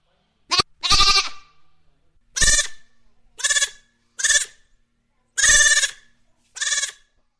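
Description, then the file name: Goat bleating in a series of loud, wavering, nasal cries, about seven calls of varying length with short pauses between them. "funny goat"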